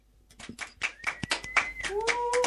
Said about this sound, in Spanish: Gracias. Un aplauso a nuestro querido público.